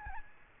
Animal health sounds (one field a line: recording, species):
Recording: mosquito wingbeat signal from an infrared sensor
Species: Aedes albopictus